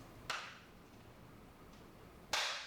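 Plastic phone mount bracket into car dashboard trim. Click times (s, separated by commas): 0.3 s, 2.3 s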